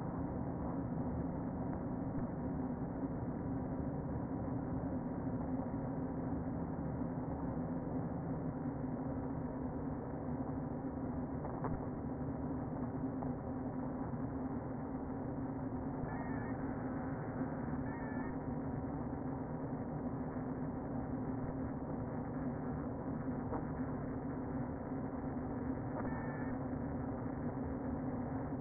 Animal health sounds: honeybee colony, microphone inside the hive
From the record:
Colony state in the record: queen present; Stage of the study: before two queens were removed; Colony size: about 60,000 bees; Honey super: yes

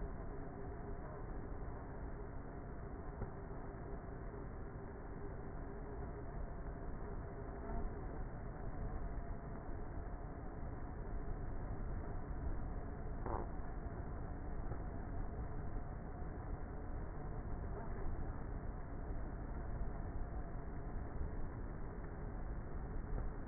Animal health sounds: honeybee colony, microphone inside the hive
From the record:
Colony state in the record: queenless with a low population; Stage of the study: before two queens were removed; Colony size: about 30,000 bees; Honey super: no

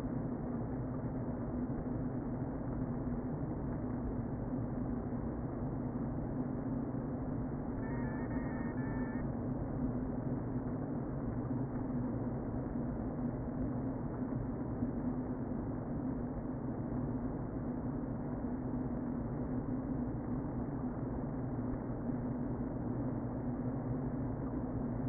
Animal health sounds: honeybee colony, microphone inside the hive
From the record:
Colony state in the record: queen present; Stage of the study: before two queens were removed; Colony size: about 60,000 bees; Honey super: yes

